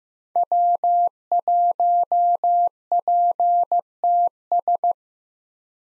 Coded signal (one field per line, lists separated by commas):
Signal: Morse code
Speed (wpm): 15 wpm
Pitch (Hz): 700 Hz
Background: none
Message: W1PTS